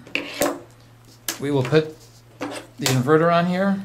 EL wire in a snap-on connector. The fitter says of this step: we're going to take this and close it you hear the snap